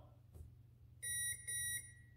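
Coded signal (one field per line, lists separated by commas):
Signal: beep code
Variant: brushless ESC programming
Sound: two short electronic beeps at about 2 kHz, close together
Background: low hum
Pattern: 2 short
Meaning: Two beeps mark programmable item number two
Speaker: now we're in item number two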